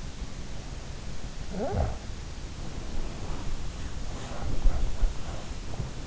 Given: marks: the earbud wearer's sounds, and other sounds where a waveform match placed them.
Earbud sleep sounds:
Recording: sounds in sleep by an in-ear microphone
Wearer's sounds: snoring breath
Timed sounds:
1.47-2.10 s: snoring breath
3.54-6.07 s: sound from someone else or the room

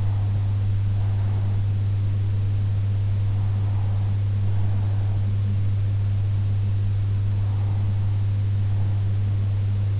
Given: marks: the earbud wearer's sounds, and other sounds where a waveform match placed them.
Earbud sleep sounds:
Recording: sounds in sleep by an in-ear microphone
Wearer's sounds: breath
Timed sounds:
0.00-1.99 s: breath
3.36-5.99 s: breath
6.99-9.99 s: breath

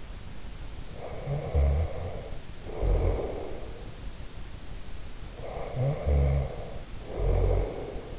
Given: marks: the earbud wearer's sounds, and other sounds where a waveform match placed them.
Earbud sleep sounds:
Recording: sounds in sleep by an in-ear microphone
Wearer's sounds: snoring breath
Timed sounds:
0.76-3.91 s: snoring breath
5.17-8.19 s: snoring breath

